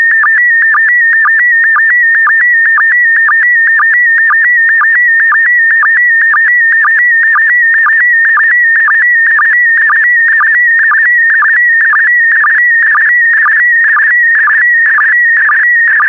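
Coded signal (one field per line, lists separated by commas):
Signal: SSTV (slow-scan television)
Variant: PD120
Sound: steady warbling high tone with quick regular low blips, like a scanning image signal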